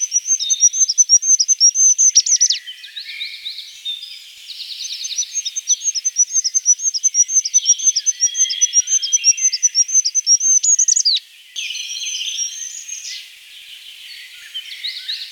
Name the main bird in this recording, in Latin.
Regulus regulus